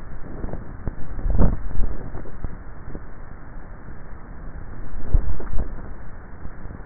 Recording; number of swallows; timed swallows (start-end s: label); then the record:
swallowing sounds by neck microphone; 2
1.15-1.98 s: swallow
5.05-5.68 s: swallow
From the record:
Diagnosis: dysphagia